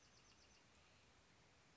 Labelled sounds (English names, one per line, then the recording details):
Bewick's Wren
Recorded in Sonoma County, California